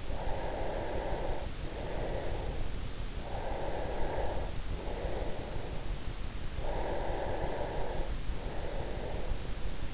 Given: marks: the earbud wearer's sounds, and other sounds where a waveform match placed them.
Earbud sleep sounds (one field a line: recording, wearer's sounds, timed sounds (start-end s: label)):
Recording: sounds in sleep by an in-ear microphone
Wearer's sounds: breath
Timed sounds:
0.00-6.28 s: breath
6.49-9.66 s: breath